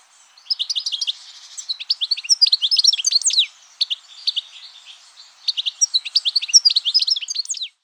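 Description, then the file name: European goldfinch singing a fast, tinkling jumble of high twittering notes and short trills in several bursts, with brief pauses between them. "Chardonneret elegant"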